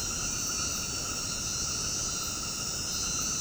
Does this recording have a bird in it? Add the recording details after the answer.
no. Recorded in dense forest near Puerto Asís, Putumayo, Colombia, on 19 February 2024 at 21:00. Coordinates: 0.486, -76.316. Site G6437